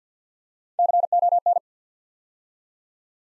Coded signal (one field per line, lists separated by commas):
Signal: Morse code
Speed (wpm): 50 wpm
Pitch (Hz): 700 Hz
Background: none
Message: CON